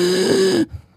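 A single strained, high-pitched, tonal breath lasting about half a second at a steady pitch, then it stops abruptly. It is an adult's imitation of the inspiratory stridor of pseudocroup: on strained inspiration the soft laryngeal cartilage lets the airway narrow, so the child breathes in against resistance. The stridor helps tell whether the larynx is the origin.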